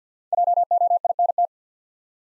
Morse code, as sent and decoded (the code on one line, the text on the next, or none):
.--- --- .. -. -
JOINT